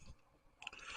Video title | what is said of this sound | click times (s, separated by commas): Transformers studio series 86 long haul and hook review | Get this part right here. Make sure it locks into place. | 0.7 s